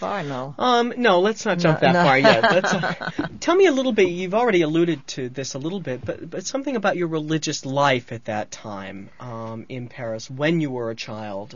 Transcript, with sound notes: No.
Um, no, let's not jump that far yet. ( they laugh ) Tell me a little bit, you've already alluded to this a little bit, but something about your religious life at that time, in Paris, when you were a child.